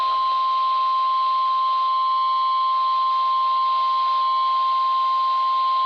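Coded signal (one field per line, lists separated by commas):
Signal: Emergency Alert System (SAME) tones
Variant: 1050 Hz attention tone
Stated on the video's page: NOAA weather radio transmitter on 162.500 MHz from Mount Jefferson, NC, received about 82 miles away.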